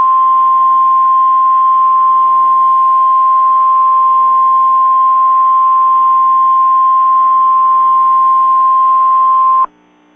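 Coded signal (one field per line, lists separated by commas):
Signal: Emergency Alert System (SAME) tones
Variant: 1050 Hz attention tone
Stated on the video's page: NOAA weather radio station in Sister Bay carrying an EAS civil emergency message.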